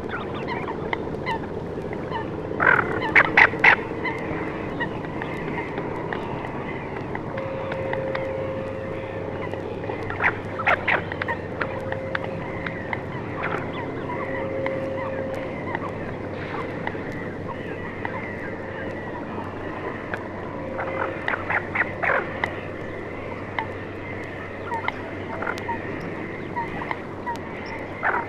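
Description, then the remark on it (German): Deep, rasping calls of a single tufted duck come in short grating bursts every few seconds, with a steady murmur of coots and black-headed gulls calling faintly underneath. “Hier die schnarrenden, tiefen Rufe einer einzelnen Ente. Im Hintergrund Blässhühner und Lachmöwen.”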